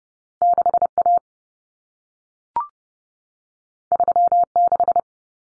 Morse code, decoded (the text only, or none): 6A 36